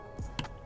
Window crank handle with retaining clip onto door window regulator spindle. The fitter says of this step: it was very quiet you probably didn't hear that but i did i felt it too and now it's secure